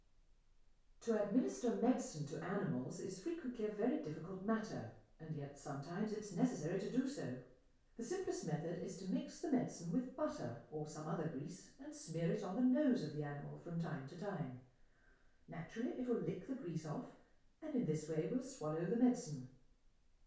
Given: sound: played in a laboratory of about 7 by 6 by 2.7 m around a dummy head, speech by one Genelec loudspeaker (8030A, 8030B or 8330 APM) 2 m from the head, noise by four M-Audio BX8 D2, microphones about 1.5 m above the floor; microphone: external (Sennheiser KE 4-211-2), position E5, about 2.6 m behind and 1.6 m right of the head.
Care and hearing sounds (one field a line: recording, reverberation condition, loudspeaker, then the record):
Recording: female speech in English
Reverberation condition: medium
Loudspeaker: 90 degrees to the right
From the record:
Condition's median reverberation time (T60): about 510 ms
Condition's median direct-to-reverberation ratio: about -0.5 dB